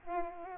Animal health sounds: mosquito wingbeat signal from an infrared sensor; Aedes albopictus

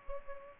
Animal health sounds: mosquito wingbeat signal from an infrared sensor; Culex pipiens

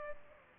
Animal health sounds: mosquito wingbeat signal from an infrared sensor; Aedes aegypti

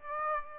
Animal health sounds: mosquito wingbeat signal from an infrared sensor; Aedes aegypti

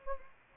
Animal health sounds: mosquito wingbeat signal from an infrared sensor; Anopheles arabiensis

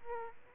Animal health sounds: mosquito wingbeat signal from an infrared sensor; Aedes aegypti

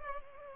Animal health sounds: mosquito wingbeat signal from an infrared sensor; Culex pipiens

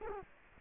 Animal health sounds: mosquito wingbeat signal from an infrared sensor; Culex quinquefasciatus

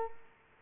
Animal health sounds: mosquito wingbeat signal from an infrared sensor; Culex quinquefasciatus

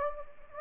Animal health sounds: mosquito wingbeat signal from an infrared sensor; Anopheles gambiae

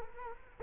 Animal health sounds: mosquito wingbeat signal from an infrared sensor; Culex quinquefasciatus

